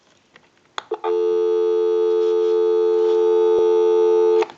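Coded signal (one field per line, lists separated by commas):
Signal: telephone call progress tone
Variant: North America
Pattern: dial tone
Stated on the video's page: Call progress tone heard on a North Electric Ericofon telephone during initial checkout and repair.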